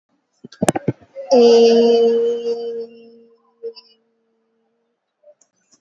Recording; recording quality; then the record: sustained vowel as in made; excellent, no background noise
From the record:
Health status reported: COVID-19 positive, no symptoms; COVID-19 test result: positive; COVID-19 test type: rapid antigen test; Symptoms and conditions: another condition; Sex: female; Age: 26 years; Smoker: no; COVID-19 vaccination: both doses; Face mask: not worn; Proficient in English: yes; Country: India